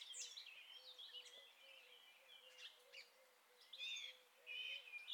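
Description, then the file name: European goldfinch calls, bright twittering chirps in short clusters throughout, over a soft, repeated low note. "Carduelis carduelis"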